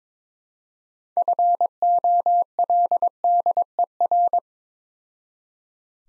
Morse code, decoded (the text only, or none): FOLDER